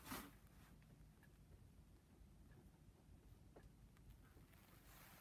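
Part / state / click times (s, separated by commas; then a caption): click-type torque wrench under calibration load / not seated / none. A click-type torque wrench under calibration load, with its setting raised one step and the weight hung on it again, holds steady through a low, continuous background rumble after a brief noisy burst at the start. Only faint scattered ticks are heard, and the wrench has not clicked.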